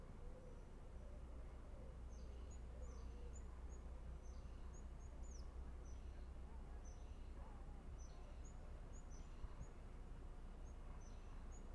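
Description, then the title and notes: European crested tit giving repeated high, thin notes in short bursts, several with lower buzzy trailing parts, against steady low-pitched background hum. Montjuïc Cemetery, Barcelona, from an inner passageway facing the Olympic ring. "Mall Emplomallada. Cementiri de Montjuic. herrerillo capuchino (Lophophanes cristatus)"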